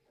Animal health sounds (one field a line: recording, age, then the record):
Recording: pig call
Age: piglet (1 to 25 days)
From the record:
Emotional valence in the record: positive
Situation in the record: short reunion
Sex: female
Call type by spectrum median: low-frequency call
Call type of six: low-frequency tonal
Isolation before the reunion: 3 minutes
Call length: 0.11 s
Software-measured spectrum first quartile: 441 Hz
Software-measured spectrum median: 913 Hz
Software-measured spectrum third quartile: 5049 Hz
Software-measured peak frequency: 581 Hz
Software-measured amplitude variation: 85 dB a second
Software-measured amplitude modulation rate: 22.3 a second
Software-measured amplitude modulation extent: 3.8 dB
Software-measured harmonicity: 1.5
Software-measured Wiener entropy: -2.02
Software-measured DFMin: 1234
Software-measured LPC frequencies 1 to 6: 558, 1808, 4162, 5040, 6750, 7629 Hz